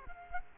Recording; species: mosquito wingbeat signal from an infrared sensor; Culex quinquefasciatus